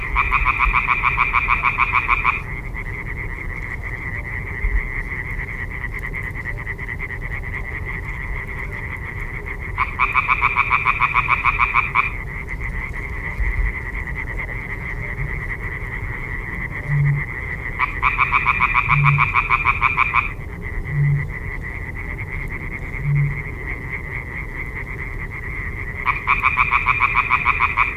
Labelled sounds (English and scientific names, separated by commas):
Common Tree Frog (Hyla arborea) call